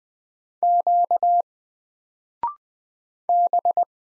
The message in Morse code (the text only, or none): Q B